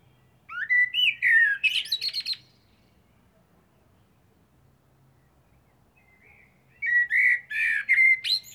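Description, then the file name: Common blackbird delivering a warbled, fluty phrase ending in a squeaky twitter, silence for several seconds, then a second, similar phrase. "Turdus merula"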